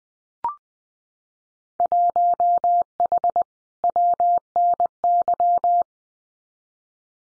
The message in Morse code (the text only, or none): 1H WNY